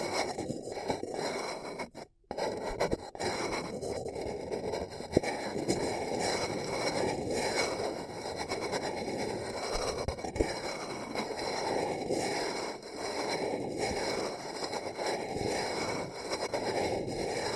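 Paper cup being handled, a dense crinkly scraping and rubbing that runs almost without pause. The texture stays low and papery, with a gentle repeating sweep roughly every second or two. Near the two-second mark it drops out briefly before resuming.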